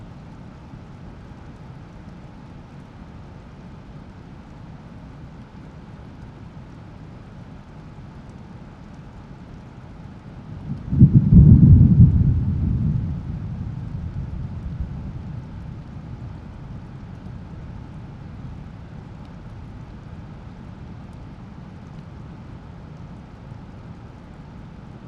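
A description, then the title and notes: A night storm with a steady low rush of swollen streams running throughout. Around eleven seconds a deep roll of thunder swells up suddenly, then rumbles and fades over the next few seconds back into the constant water noise. Alpine Thunderstorm. The area above Kamniška Bistrica, surrounded by mountains, was hit by a series of extremely powerful thunderstorms. The recorded storm passed over the area during the night and you can hear the sounds of swollen torrential streams. Recorded in Slovenia by Gregor Vida.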